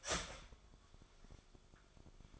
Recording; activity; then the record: daily activity, microphone in the room; start toaster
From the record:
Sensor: 5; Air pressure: 1014.8 hPa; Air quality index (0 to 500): 198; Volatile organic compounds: 8 ppm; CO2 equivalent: 2105 ppm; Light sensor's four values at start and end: 15/36/14/13 and 15/36/14/13